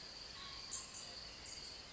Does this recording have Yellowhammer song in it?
no